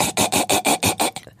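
About six quick, harsh, rasping cough bursts follow one another, each with a hoarse, honking ring, fading at the end: an adult imitating the barking cough of pseudocroup, like a coughing seal. It comes many times in a row, almost always at night and often without warning, and can sound as if the child cannot get air.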